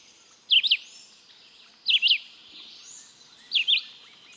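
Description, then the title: Red-eyed Vireo song of three clipped, high, slurred phrases, each a quick zigzag of notes, separated by pauses of just over a second over faint background hiss. Song used as a master recording for training pet birds. "LuckyPassaro Completos2Sama. Red-eyed Vireo (Vireo olivaceus)"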